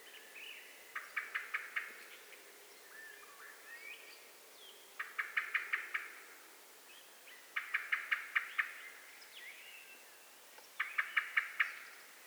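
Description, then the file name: Eurasian blackbird calling with quick chattering clucks in four bursts of several notes, repeated every few seconds against light background noise. "Turdus merula"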